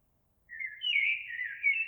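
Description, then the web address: Eurasian blackbird giving a short rich fluted warble, mellow and slurred, beginning after a half-second of quiet. Recorded 26 April 2022. "oiseaux Merle 2022 04 26"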